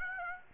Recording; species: mosquito wingbeat signal from an infrared sensor; Aedes aegypti